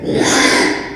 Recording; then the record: squeal of a Yucatan mini pig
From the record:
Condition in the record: after surgery on the right vocal fold (resection and tissue-engineered implant); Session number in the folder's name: 3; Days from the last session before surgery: 33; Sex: male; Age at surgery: 12 weeks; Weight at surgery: 13 kg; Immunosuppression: cyclosporine, prednisolone